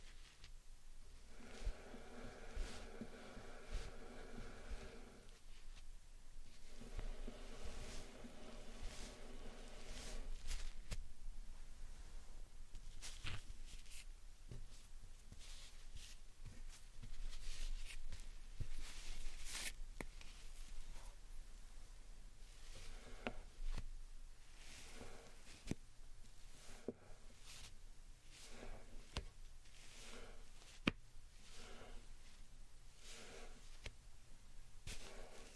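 Slime and sand triggers: squishy, crackling handling sounds with frequent sharp clicks and pops, and a steady tone in the first five seconds and again around seven to ten seconds.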